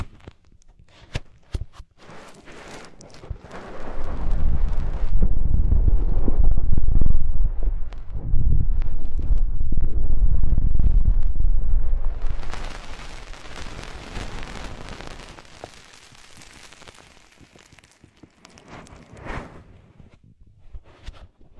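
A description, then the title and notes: Deep ear cleaning and massage: after a few sparse clicks, heavy low rumbling and thumping builds from about four seconds and stays loud until twelve. It then turns to brighter, crackly scratching that fades out, leaving scattered taps and a brief rustle near nineteen seconds. Enhanced version of deep ear cleaning, massage.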